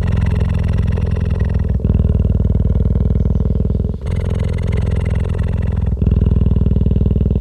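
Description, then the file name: Cheetah purr, loud rumbling pulses held for about two seconds at a time, with brief breaks between. Adult animal. "Frisson de Midi Adult Cheetah"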